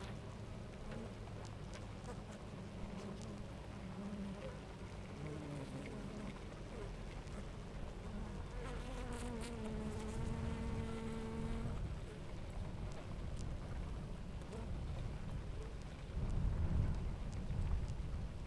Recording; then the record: honeybee colony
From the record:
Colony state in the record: active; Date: 28 July 2017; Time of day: 9:43